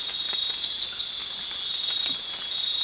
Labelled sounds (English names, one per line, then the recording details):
none
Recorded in dense forest near Puerto Asís, Putumayo, Colombia, on 19 March 2025 at 22:00
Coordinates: 0.484, -76.317
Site G064